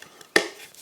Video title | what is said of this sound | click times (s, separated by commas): Button Fix - an interesting product new to me | and you can hear that clicking into place and now there is that fabulous piece of artwork | 0.4 s